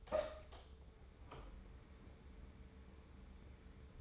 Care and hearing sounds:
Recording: daily activity, microphone in the room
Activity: open door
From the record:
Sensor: 3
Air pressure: 1015.2 hPa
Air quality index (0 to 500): 150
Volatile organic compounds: 9 ppm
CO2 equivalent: 2132 ppm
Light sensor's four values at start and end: 15/39/16/17 and 15/39/16/17

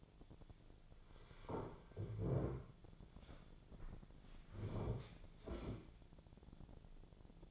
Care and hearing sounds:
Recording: daily activity, microphone in the room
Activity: sit down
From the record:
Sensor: 5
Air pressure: 1008.2 hPa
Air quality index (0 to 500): 152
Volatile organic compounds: 3 ppm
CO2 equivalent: 1466 ppm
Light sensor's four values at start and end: 61/170/66/67 and 61/169/66/66

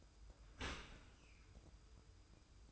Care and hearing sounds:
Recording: daily activity, microphone in the room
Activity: open dishwasher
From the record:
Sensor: 2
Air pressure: 990.3 hPa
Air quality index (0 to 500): 208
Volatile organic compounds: 1000 ppm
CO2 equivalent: 6693 ppm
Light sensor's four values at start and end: 27/63/26/26 and 27/63/26/26

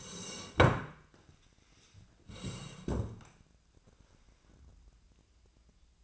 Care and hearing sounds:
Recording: daily activity, microphone in the room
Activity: sit down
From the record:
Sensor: 2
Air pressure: 1012.2 hPa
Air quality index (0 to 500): 164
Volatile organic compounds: 2 ppm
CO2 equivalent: 1200 ppm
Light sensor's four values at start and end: 75/163/78/94 and 52/127/56/63

